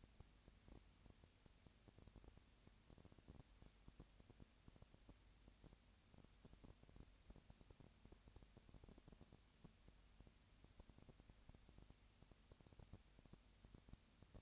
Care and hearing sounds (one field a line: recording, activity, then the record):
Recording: daily activity, microphone in the room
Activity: no activity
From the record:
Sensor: 2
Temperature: 20.3 degrees Celsius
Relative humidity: 37.0%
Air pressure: 998.6 hPa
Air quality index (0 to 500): 236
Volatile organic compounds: 38 ppm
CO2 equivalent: 3116 ppm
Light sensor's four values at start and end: 2/3/2/2 and 2/3/2/2